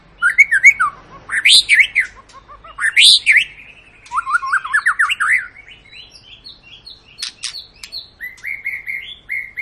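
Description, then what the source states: White-rumped shama song, a varied run of loud whistles, rapid trills and upslurred notes, with pauses and softer chatter between phrases. Long lure song of a constantly singing (gacor) bird, used to make other birds sing.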